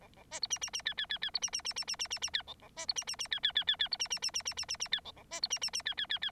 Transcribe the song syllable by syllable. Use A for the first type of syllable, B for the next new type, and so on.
A A B C D D D E E E E C D D D D D D D D E A A B C D D D E E E E E C D D D D D D D D E A A B C D D D E E E E